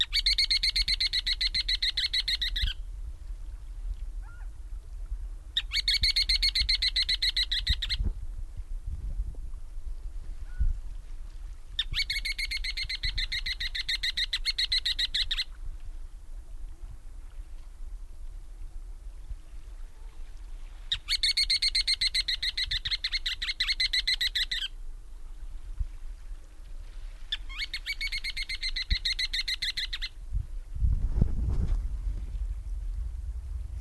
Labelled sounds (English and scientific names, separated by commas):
Ruddy Turnstone (Arenaria interpres) call